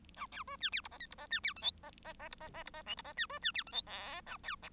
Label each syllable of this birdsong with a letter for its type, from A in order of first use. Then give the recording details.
A B C D E F G H F G D E I J G G G F G G F G K F G D C D E I J L A B. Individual Bird1